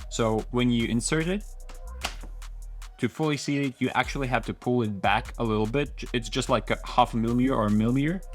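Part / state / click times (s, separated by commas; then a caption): magazine into airsoft SMG magazine well / partly seated / 2.1 s. A plastic airsoft SMG magazine is pushed fully into the magazine well of a first-batch Novritsch SSR90 while someone talks over background music, with a sharp click at about 2.1 s. The magazine goes in but is not fully aligned with the nozzle, a first-batch issue, so it only clicks into place after being pulled back about half a millimetre to a millimetre.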